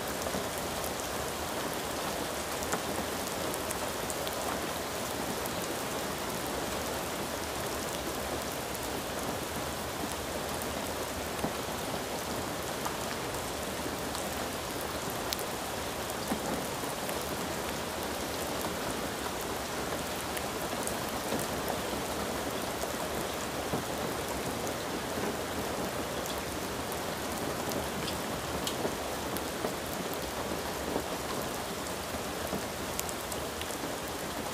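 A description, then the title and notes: Gentle rain falls steadily for the whole stretch, a dense, even patter with no pauses or build. The sound is bright and hissy, with a soft low rumble underneath and occasional slightly sharper drops standing out. Gentle Rain ASMR.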